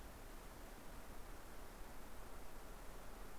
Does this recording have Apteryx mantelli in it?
no